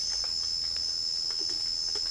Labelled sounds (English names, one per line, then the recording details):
none
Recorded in secondary vegetation near Puerto Asís, Putumayo, Colombia, on 12 March 2025 at 09:30
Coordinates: 0.488, -76.319
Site G095